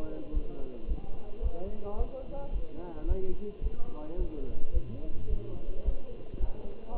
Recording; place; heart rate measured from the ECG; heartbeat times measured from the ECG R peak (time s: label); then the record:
heart sounds by stethoscope; between the tricuspid and mitral areas; 109 bpm
0.35 s: heartbeat
0.90 s: heartbeat
1.44 s: heartbeat
1.99 s: heartbeat
2.54 s: heartbeat
3.09 s: heartbeat
3.64 s: heartbeat
4.20 s: heartbeat
4.75 s: heartbeat
5.31 s: heartbeat
5.86 s: heartbeat
6.42 s: heartbeat
6.97 s: heartbeat
From the record:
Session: Bruce protocol treadmill stress test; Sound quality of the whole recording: good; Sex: male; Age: 27 years